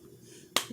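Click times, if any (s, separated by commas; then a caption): 0.6 s. A lens nose piece is pushed up into its hole in a plastic goggle frame and snaps in, giving a single sharp, bright snap at 0.6 s after a near-silent lead-in, followed by a brief softer tail. The nose piece is seated.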